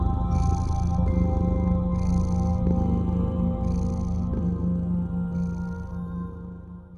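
Cat purring, a low rumbling throb with regular breathy bursts as it breathes in and out, over a steady faint hum.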